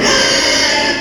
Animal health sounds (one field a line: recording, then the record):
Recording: squeal of a Yucatan mini pig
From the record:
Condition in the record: before surgery on the right vocal fold (resection and tissue-engineered implant)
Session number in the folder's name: 1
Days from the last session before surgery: -3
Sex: male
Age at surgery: 12 weeks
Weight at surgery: 13 kg